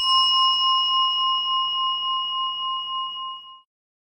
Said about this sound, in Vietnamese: Bây giờ các bạn, chúng ta sẽ ngồi nghe một tiếng chuông, mình ngồi một phút thôi, xem thử cái đàn xấu của mình nó đang chạy ở đâu ha.